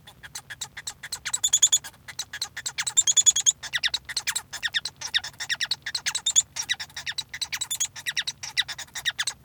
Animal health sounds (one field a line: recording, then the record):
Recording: song of a male Bengalese finch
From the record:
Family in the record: son of father 1